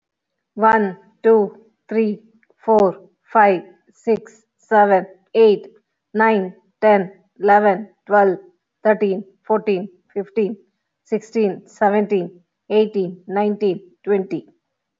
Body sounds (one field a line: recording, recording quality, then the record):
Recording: counting at a normal pace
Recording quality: excellent, no background noise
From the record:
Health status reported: healthy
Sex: female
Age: 44 years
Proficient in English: yes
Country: India